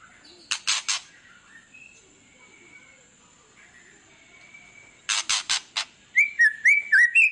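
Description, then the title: White-rumped shama: harsh rasping bursts and a few thin whistles, then a bright series of looping whistled notes at the end. Lure song of a white-rumped shama, meant to make other birds respond; described as gacor, singing persistently. "PANCINGAN MEWAH MURAI BATU GACOR, SEKALI DENGAR AMPUH LANGSUNG RESPON"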